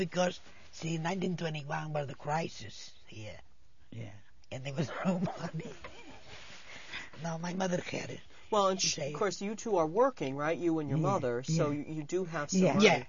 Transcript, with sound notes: No, because, see, in 1921 was a crisis here, and there was no money. ( she laughs ) No, my mother had it.
Of course, you two are working, right, you and your mother, so you do have some money.